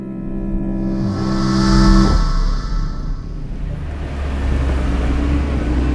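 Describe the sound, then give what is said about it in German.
A car engine runs steadily with a low, humming drone, swelling into a brief whoosh around two seconds before settling into a rougher, continuous rumble. No voices are heard. “was ist das für ein Wagen?”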